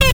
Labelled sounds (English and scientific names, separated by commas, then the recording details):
Zebra Finch (Taeniopygia guttata) stack call
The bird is a female
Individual fem11